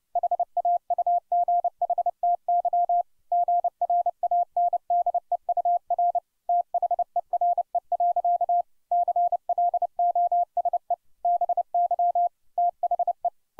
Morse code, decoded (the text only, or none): HAUGHTY GRANDEUR THERE. CLOSE BY THE